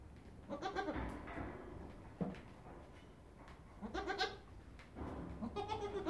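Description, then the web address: Goat bleating in short wavering bursts, several separate calls spread throughout with quiet gaps. Male goat. "козел"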